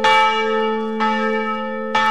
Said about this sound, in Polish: Srebrne dzwony biją na powitanie swojego najmłodszego brata.